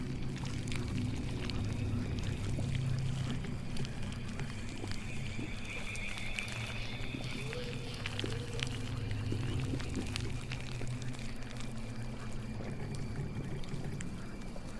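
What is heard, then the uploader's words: A witch's swamp house ambience built on a steady, thick low drone that holds for the whole clip. Short clicks and creaks scatter throughout, with a brief bright warbling call around six to seven seconds and a thin wavering tone near eight to ten. Witch's swamp house ambience.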